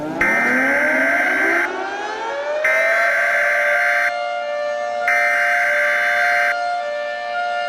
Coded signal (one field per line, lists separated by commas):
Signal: Emergency Alert System (SAME) tones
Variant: header bursts